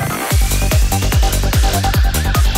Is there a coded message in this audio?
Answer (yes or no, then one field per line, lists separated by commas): no